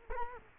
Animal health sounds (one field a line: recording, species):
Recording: mosquito wingbeat signal from an infrared sensor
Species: Culex quinquefasciatus